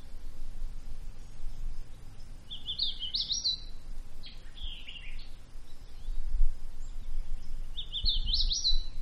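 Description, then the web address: Bird song, three short bright twittering phrases of quick high notes, spaced unevenly across nine seconds, with a quiet low background hum. Quiet woodland ambience. "Manhattan Production Music. Woods Quiet Bird Song Cricket"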